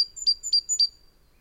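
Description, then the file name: Great tit: three quick, high two-note phrases within one second, then silence. "Parus major"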